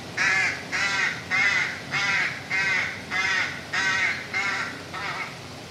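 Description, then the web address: Bird uttering a steady series of harsh, nasal caws, about nine evenly spaced calls in under six seconds. "hangok allatok madar bbc"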